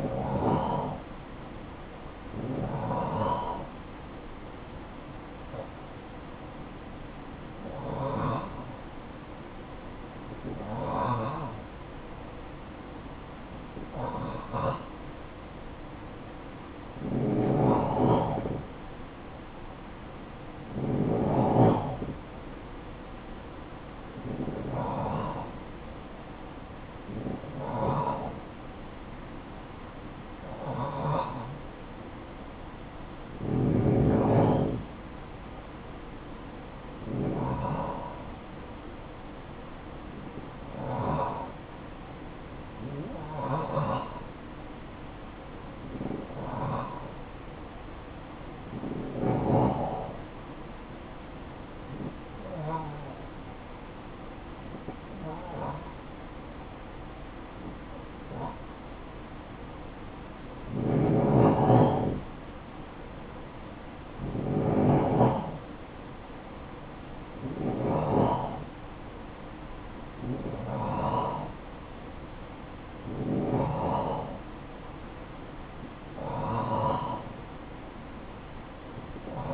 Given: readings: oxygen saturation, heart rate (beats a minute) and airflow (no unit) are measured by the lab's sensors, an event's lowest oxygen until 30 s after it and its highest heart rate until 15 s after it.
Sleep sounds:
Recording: breathing in sleep by a voice recorder at the bedside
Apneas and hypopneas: 1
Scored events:
6.00-34.50 s: hypopnea (N1, oxygen 93% highest, then 91% lowest, heart rate 55 at the start, 60 highest)
69.00-79.54 s: new sleep stage, N2 (light sleep)
From the record:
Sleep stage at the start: N1 (lightest sleep)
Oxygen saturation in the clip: 89 to 93%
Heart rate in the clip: 52 to 62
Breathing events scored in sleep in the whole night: 573 in 9.8 hours asleep

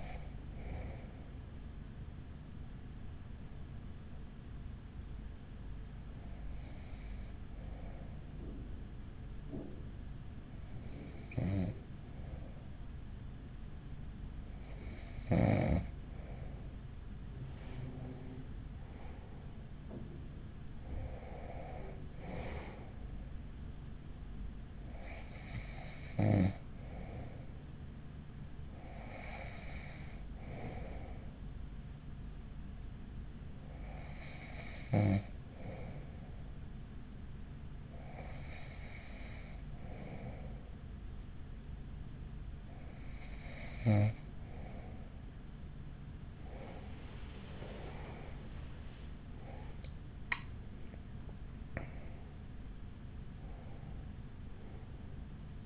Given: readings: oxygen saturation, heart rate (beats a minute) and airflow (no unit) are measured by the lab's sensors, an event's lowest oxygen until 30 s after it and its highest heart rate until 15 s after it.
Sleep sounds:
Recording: breathing in sleep by a smartphone at the bedside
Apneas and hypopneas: 2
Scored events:
3.00-20.40 s: hypopnea (N1, oxygen 96% highest, then 94% lowest, heart rate 51 at the start, 51 highest)
32.00-50.20 s: hypopnea (N1, oxygen 94% highest, then 94% lowest, heart rate 44 at the start, 59 highest)
From the record:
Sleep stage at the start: N1 (lightest sleep)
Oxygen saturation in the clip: 94 to 96%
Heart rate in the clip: 42 to 59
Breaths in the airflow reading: 14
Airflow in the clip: -7.2 to 6.0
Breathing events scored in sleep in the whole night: 207 in 7.6 hours asleep

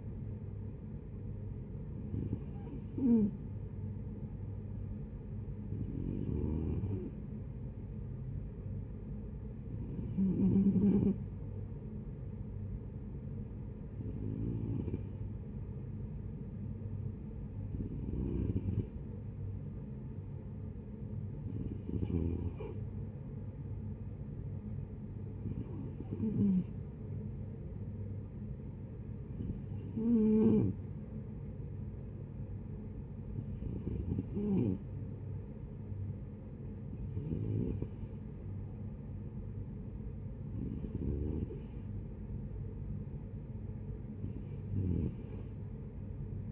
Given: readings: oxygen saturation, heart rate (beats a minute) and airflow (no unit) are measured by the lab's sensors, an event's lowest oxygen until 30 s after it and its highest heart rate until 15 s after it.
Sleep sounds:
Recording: breathing in sleep by a smartphone at the bedside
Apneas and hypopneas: none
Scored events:
none scored
From the record:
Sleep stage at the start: N2 (light sleep)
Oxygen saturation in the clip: 92%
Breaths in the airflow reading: 12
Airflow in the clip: -7.6 to 5.0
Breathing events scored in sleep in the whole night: 496 in 5.4 hours asleep

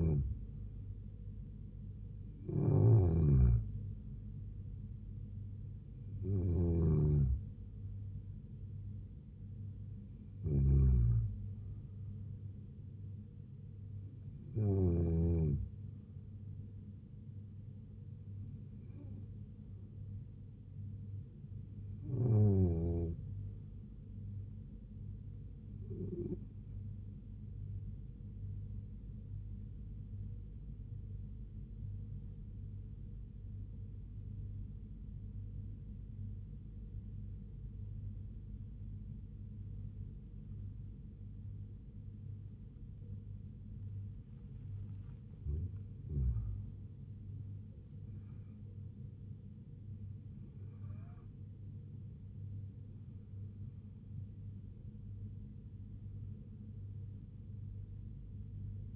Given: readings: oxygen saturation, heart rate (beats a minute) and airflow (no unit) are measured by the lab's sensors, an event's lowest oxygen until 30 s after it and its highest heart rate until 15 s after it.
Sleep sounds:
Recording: breathing in sleep by a smartphone at the bedside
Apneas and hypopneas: 1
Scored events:
27.00-45.00 s: hypopnea (N2, oxygen 94% highest, then 87% lowest, heart rate 74 at the start, 80 highest)
44.00-58.96 s: new sleep stage, N1 (lightest sleep)
From the record:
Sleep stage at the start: N2 (light sleep)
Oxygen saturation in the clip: 88 to 94%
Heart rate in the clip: 70 to 80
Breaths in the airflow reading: 15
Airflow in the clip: -3.3 to 3.5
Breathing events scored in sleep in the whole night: 158 in 7.3 hours asleep

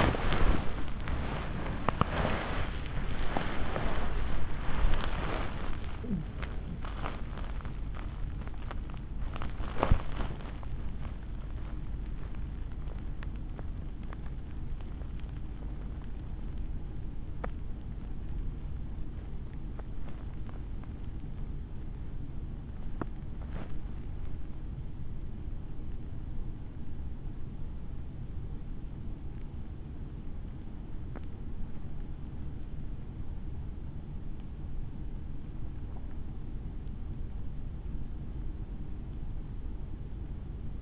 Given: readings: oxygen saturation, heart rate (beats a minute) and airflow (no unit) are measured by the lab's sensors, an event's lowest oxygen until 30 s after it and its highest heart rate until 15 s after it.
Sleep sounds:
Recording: a person awake in a sleep study, by a smartphone at the bedside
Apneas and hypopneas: none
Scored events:
2.00-40.82 s: new sleep stage, awake
4.00-40.82 s: awake
From the record:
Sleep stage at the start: N1 (lightest sleep)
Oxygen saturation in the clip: 94 to 96%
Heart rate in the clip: 59 to 87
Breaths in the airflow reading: 12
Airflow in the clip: -11.2 to 13.5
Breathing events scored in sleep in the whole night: 216 in 7.0 hours asleep

